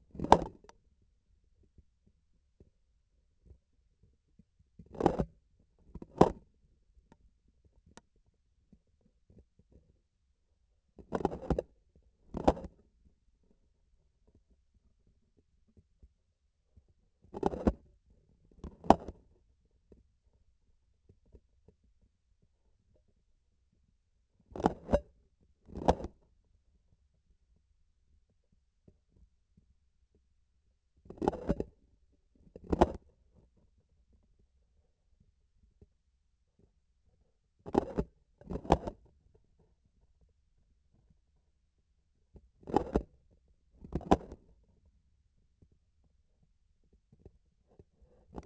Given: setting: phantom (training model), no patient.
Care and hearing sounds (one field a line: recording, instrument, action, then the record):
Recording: laparoscopic instrument, vibration sensor on the handle end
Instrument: grasping forceps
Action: opening and closing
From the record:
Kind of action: tool actuation without material contact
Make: other than Olympus